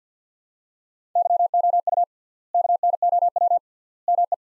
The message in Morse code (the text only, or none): YOU KNOW ME